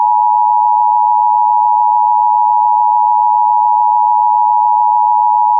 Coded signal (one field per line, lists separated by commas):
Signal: Emergency Alert System (SAME) tones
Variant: 853 and 960 Hz attention tone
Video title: EAS 123 - Binghamton FFW